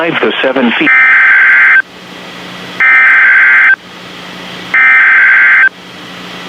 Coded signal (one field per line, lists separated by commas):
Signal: Emergency Alert System (SAME) tones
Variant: header bursts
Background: speech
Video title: Tornado Warning | EAS #566